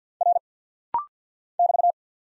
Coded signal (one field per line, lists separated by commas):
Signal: Morse code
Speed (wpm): 48 wpm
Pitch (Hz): 700 Hz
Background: none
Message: R <BT>